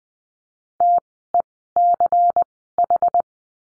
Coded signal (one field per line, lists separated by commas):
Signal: Morse code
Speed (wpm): 20 wpm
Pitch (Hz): 700 Hz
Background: none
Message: TECH